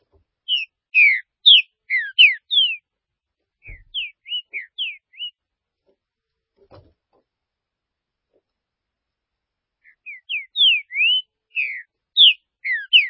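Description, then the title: Green-winged saltator singing loud whistled phrases of slurred, downward and upward notes, separated by a silent gap of several seconds. "Trinca Ferro"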